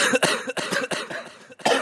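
A rapid run of about four or five harsh, noisy coughs from an adult man with a sinus infection.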